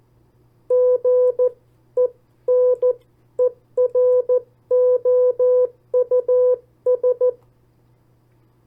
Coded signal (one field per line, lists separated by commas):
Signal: Morse code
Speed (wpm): 14 wpm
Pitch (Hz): 500 Hz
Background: none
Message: GENEROUS